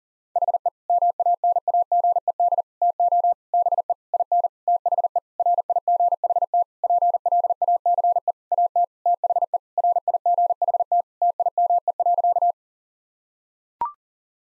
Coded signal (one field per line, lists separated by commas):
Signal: Morse code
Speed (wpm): 40 wpm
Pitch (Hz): 700 Hz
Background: none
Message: HE MANAGED TO BE IN THE RIGHT PLACE AT THE RIGHT TIME.